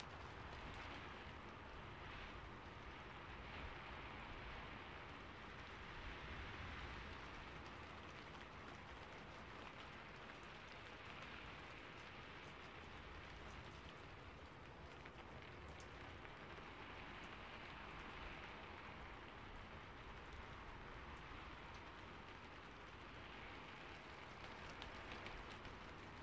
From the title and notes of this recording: ASMR Ear Cleaning in The Rain - Fizzing Layered Sounds.